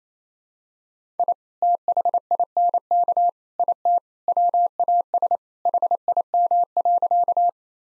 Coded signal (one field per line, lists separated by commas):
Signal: Morse code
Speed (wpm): 27 wpm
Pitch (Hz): 700 Hz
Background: none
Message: I THINK IT WAS HIM.